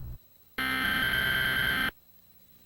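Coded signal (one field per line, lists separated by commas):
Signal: Emergency Alert System (SAME) tones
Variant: header bursts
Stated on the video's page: Fictional EAS scenario with SAME tones, an analog horror recreation, not a real alert.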